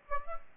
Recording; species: mosquito wingbeat signal from an infrared sensor; Aedes aegypti